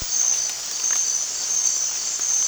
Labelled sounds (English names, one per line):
none